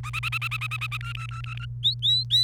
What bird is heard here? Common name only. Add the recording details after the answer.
Domestic Canary. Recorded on 28 April 2018 at 14:45. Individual llb3